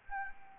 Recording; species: mosquito wingbeat signal from an infrared sensor; Anopheles gambiae